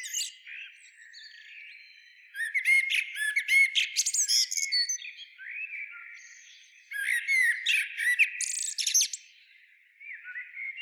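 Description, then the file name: Common blackbird, soft thin notes then two energetic phrases of warbled and squeaky twittering notes. "Turdus merula"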